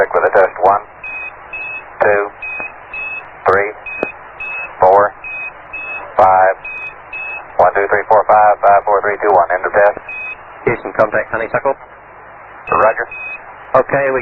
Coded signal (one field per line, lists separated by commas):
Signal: Quindar tones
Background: speech